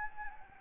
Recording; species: mosquito wingbeat signal from an infrared sensor; Anopheles gambiae